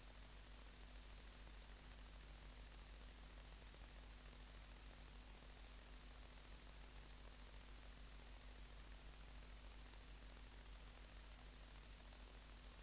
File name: Tettigonia viridissima